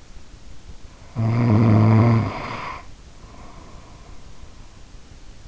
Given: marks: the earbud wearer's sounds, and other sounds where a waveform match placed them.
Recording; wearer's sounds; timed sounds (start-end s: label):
sounds in sleep by an in-ear microphone; snoring breath
1.07-4.56 s: snoring breath